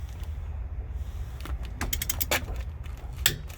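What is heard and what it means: A click-type torque wrench set to 100 ft-lb tightens a steel lug nut on a travel trailer wheel. A short run of ratcheting ticks around 1.9–2.3 s leads to the loud click of the wrench reaching its setting at 3.3 s, confirming the nut is torqued.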